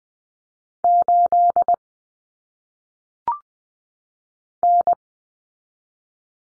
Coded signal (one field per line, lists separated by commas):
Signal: Morse code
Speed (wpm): 20 wpm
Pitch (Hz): 700 Hz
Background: none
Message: 8 N